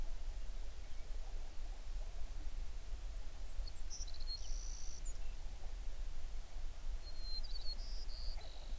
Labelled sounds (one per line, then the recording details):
songbird
grouse or ptarmigan
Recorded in the Prudhoe Bay oil fields, Alaska, on 11 June 2019 at 05:31
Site 21